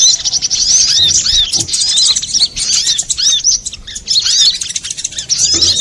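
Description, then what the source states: Little spiderhunter song: dense, high-pitched twittering of quick chirps and slurred notes, with only brief pauses. Master recording for training cage birds, labelled 'ontong labaik'.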